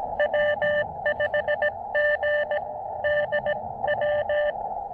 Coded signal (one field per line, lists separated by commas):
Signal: Morse code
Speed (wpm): 20 wpm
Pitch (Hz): 600 Hz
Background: radio noise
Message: W5GDW